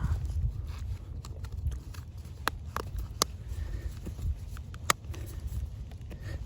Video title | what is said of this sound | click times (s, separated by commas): Shake and Seal Drop Kit | these little snaps in place push | 2.5 s, 2.8 s, 3.2 s, 4.9 s